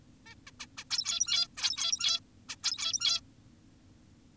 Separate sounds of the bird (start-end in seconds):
0.27-0.35, 0.47-0.51, 0.60-0.66, 0.78-0.84, 0.91-1.48, 1.57-2.20, 2.49-2.56, 2.64-3.21